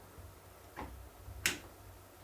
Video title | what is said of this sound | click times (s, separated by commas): Threadripper build VLOG part 5: MSI X399 SLI Plus, Gigabyte GTX1080 and Ryzen 1920X | The click is there. | 1.5 s